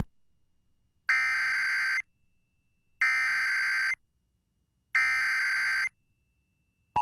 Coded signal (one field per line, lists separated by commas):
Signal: Emergency Alert System (SAME) tones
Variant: header bursts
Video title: LEW DOUBLE ENTENDRE... EAS Alerts from 9/13/23 (EAS #3,074 - 3,077)